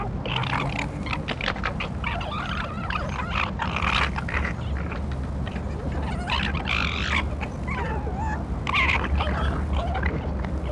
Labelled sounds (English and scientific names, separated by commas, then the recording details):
Corsac Fox (Vulpes corsac)
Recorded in captivity
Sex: group
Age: subadult
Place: Tierpark Berlin, Berlin, DE
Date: 1963-09-16 19:00
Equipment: Minifon, Kopie BG 26/1
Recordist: Tembrock, Günter